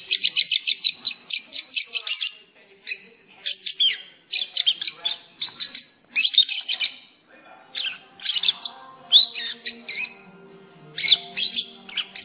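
Lovebird calls, a fast run of sharp chirps at the start followed by irregular shrill bursts with brief gaps.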